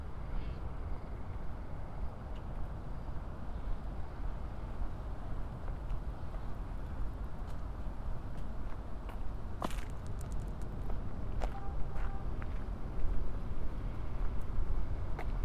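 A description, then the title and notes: A steady low rumble of city traffic fills an outdoor street, with brief sharp clicks and a few thin high tones around the middle. After exiting the train at 111th Street, I walk through down 111th in Corona, then into the park near the Hall of Science where someone is playing with an electronic toy car. Binaural field recording.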